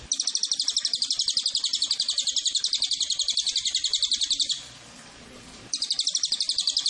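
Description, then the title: Cililin giving rapid, high, metallic chirps in a steady rhythm, broken by a brief pause of quiet hiss before the quick series resumes. Used as a lure and tutor (pancingan, masteran) to attract the bird. "MASTERAN SUARA BURUNG CILILIN BISA JUGA PANCINGAN CILILIN"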